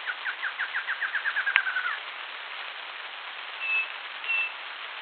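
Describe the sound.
Bird delivers a rapid run of many sharp notes sliding downward, then two separate thin whistles after a short pause, over soft hiss.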